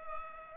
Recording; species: mosquito wingbeat signal from an infrared sensor; Culex pipiens